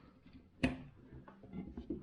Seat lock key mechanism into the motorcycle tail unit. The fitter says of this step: key mechanism just snap into place like so